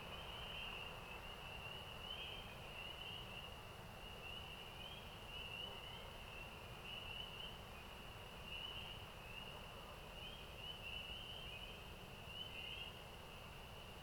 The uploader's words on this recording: Soundscape recordings made in the Eastern part of Parry Sound District of Ontario or what is locally known as the Almaguin Highlands. NAISA invited local residents in the area to place a bird feeder on their home property. Inside that bird feeder was an audio recorder that captured the overnight soundscapes of spring.